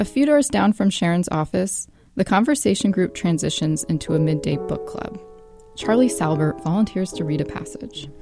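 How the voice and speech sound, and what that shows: Clear, fluent narration by one adult speaker at an even pace with natural pauses; ordinary speech.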